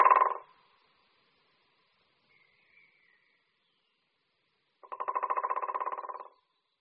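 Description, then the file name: White-backed woodpecker drumming: the tail of one rapid rattle, then after a pause a second even drum roll of about one and a half seconds. "Strakapoud-bělohřbetý"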